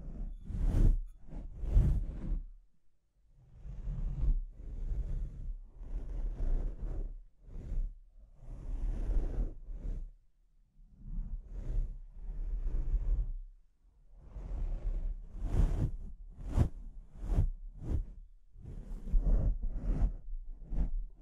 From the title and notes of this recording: ASMR Brain Melting Mic Scratching (No Talking).